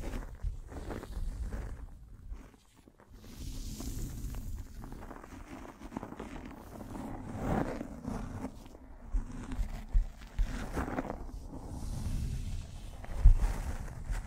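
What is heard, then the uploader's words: Microphone brushing and scratching, uneven rustling scrapes with low rumbling thumps, a brief lull near three seconds, and a sharp knock near thirteen seconds. BRAIN TINGLES ASMR Mic Brushing and Scratching (No Talking).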